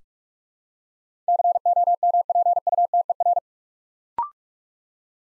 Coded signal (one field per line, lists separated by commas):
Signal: Morse code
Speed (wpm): 44 wpm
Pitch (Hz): 700 Hz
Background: none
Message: COMPUTER